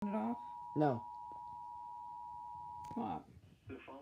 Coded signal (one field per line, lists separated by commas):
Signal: Emergency Alert System (SAME) tones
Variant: 853 and 960 Hz attention tone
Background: speech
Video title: Urban Areas and Small Streams Areal Flood Warning (EAS #2) (EAS FAIL)